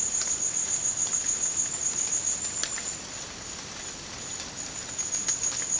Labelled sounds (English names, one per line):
none